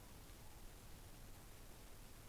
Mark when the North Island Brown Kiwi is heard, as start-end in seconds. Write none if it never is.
none